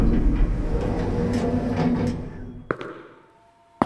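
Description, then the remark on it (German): A steady low mechanical rumble of an elevator with scorched buttons riding to the 12th floor fades out, followed by a sharp clunk, a faint sustained tone, and another abrupt knock as the sliding doors move. “Die Knöpfe des Aufzuges waren vollkommen verschmort. Blitzschnell zählte ich sie ab und drückte die 12.”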